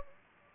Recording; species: mosquito wingbeat signal from an infrared sensor; Anopheles gambiae